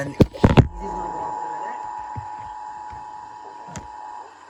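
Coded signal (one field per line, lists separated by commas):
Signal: Emergency Alert System (SAME) tones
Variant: 853 and 960 Hz attention tone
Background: speech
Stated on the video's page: EAS test from KDKA plus a relayed alert.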